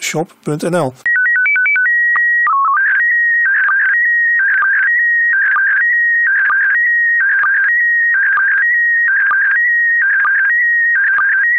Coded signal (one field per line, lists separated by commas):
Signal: SSTV (slow-scan television)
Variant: PD 290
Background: speech